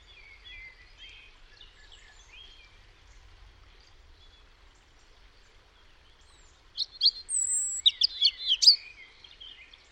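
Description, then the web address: European robin song, soft and faint warbling for several seconds before a louder burst of high, tumbling notes and thin whistles near the end. "Deverinetal 2025 File origin Bird Only Er Ru"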